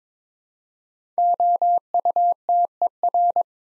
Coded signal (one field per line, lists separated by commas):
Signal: Morse code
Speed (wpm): 22 wpm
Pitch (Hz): 700 Hz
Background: none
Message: OUTER